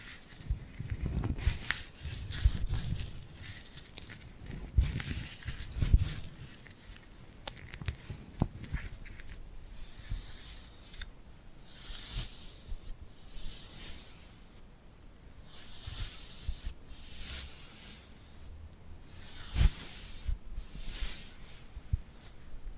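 Sticky, crackling sounds of hands covered in glue, peeling and rubbing. The first half is busier, with soft low thumps under fine crackle; later it settles into bright, hissing peels that come in waves about every second, with a sharp click near twenty seconds.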